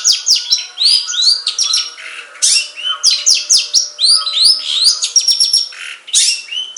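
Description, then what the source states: Long-tailed shrike song mixing downslurred whistles, sharp chips and harsh rasps in a fast, varied, almost continuous jumble. Banyuwangi and Madura song types.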